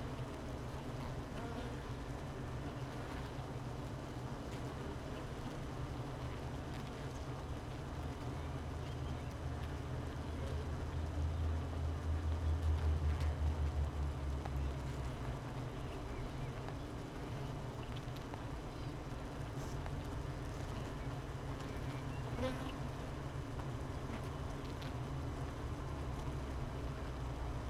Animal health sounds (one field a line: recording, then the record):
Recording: honeybee colony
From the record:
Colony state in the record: missing queen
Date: 31 May 2018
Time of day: 13:07